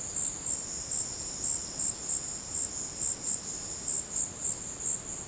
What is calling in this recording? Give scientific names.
none